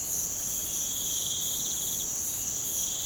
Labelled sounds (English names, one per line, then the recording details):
none
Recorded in pastures near Puerto Asís, Putumayo, Colombia, on 30 June 2025 at 05:00
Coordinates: 0.472, -76.331
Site G095